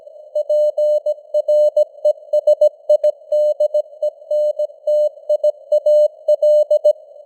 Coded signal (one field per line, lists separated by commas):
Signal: Morse code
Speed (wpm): 17 wpm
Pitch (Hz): 600 Hz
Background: none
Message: PRESIDENTIAL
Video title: Morse Code News | 2025-10-16 | 17wpm